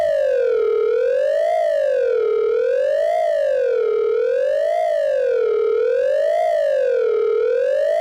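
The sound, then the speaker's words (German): A loud, steady alarm siren signalling extreme danger wails up and down in a smooth, regular cycle, its tone rising and falling about every second and a half with no voices over it. “Alarm. Äußerste Gefahr.”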